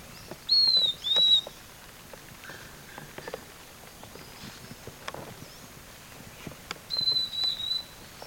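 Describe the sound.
Bird calls: two quick high falling whistles early on, then a quiet gap with soft clicks, and another pair of high whistled notes near the end.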